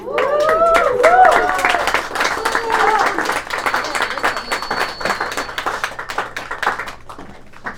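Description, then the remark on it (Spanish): Audience applause at a scenic poetry performance evening as a performer is welcomed, a steady wash of many hands clapping with scattered sharp claps, loud throughout, while voices and cheering rise over it in the first few seconds before it gradually thins out. “Y bueno, para iniciar con ello, bríndenle un fuerte y caluroso aplauso a nuestra conocida y querida camarada”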